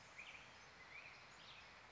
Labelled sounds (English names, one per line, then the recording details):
Black-headed Grosbeak
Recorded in Sonoma County, California